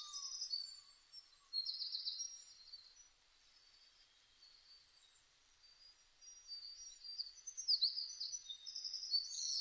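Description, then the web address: Blue-and-white flycatcher song: high whistled phrases repeated against a steady hiss of background noise, with a quiet gap in the middle and a livelier burst toward the end. Recorded 1 May 2005. "2005 050501 ooruri"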